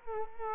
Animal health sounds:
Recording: mosquito wingbeat signal from an infrared sensor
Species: Culex quinquefasciatus

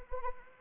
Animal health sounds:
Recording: mosquito wingbeat signal from an infrared sensor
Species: Anopheles arabiensis

